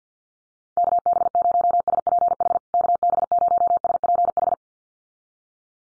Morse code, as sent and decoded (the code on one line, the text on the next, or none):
-.- -... ----- ... .--. .... / -.- -... ----- ... .--. ....
KB0SPH KB0SPH